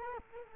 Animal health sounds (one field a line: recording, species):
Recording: mosquito wingbeat signal from an infrared sensor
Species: Culex quinquefasciatus